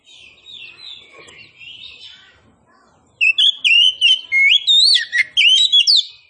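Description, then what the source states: Oriental magpie-robin song: a soft, blurred warble at first, then loud, sharp whistled phrases with rapid wavering notes in close sequence for the last three seconds. Indonesian name kacer poci for this type of magpie-robin; described as gacor, singing actively.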